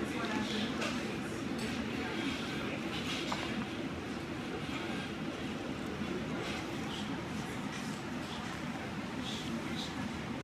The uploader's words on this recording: More ER ambience from Thursday.